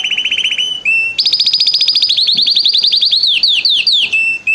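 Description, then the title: Canary song of rapid trilled notes, a brief gap, then a high rolling tour breaking into repeated sweeping chirps and a final low trill. Male singing a lot; used to warm up a young bird. "Esquente Seu Filhote E Canario Belga Macho Cantando Muito"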